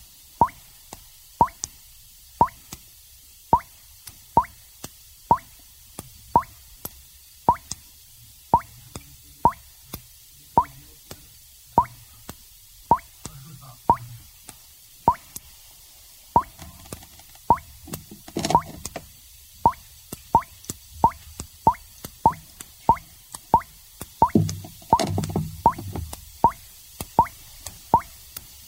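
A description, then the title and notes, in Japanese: Oxygen bubbles rise and pop at the water's surface as gas is collected over water in a chemistry experiment. Sharp little plops come steadily, about two each second, with brief fuller gurgling bursts around 18 and 25 seconds. 懐かしの化学実験によって得られる「純粋な」泡の音。二酸化マンガンに過酸化水素水を加え、酸素を発生させます。発生した酸素が水上置換法によって水面から出てくる時の泡の音。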